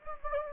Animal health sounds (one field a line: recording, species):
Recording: mosquito wingbeat signal from an infrared sensor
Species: Anopheles gambiae